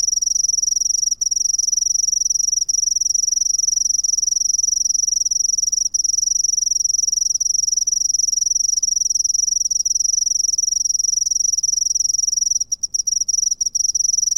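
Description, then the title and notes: Long, steady high cricket trill holding nearly unbroken, then a few quick stuttering breaks near the end. "Grillo by Kellyn Parra Garcia"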